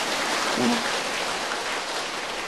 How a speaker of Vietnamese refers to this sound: Tràng pháo tay nữa, cảm ơn thượng tọa trụ trì.